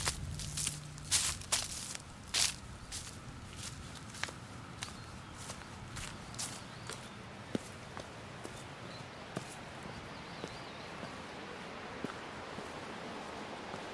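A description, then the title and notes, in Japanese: Footsteps crunch through dry leaves on an autumn mountain trail, loud in the first few seconds, then softer and more spaced out as the walker moves on. A faint bird calls in the background near the end over a quiet outdoor hush. 環境音 昨年の秋山。初めての秋の山でした。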